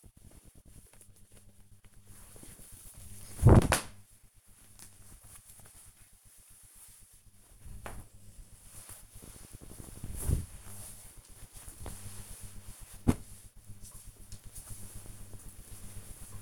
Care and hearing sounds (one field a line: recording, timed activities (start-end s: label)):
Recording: household activities, microphone on the right wrist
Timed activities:
0.00-13.57 s: folding laundry